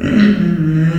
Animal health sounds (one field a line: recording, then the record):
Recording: squeal of a Yucatan mini pig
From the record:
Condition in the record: after surgery on the right vocal fold (resection and tissue-engineered implant)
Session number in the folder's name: 6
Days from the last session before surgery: 40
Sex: female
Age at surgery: 19 weeks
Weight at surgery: 25 kg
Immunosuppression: prednisolone